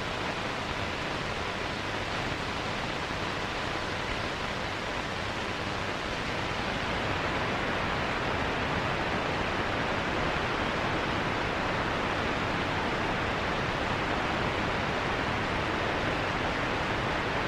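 Radio interference fills the clip as a dense, unbroken hiss of static, steady in loudness from start to finish. The noise spreads from low rumble up into bright fizz, with a faint thin tone sitting in the middle throughout.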